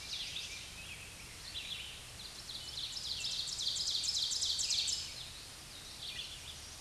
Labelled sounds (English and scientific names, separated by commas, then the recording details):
Ovenbird (Seiurus aurocapilla) song
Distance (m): 45 m
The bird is about 15 m above the microphone
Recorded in a Pennsylvania forest on 16 May 2024 at 07:33
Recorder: AudioMoth, point MSD-2146
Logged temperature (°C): 16.7 °C
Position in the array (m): 170 m, -30 m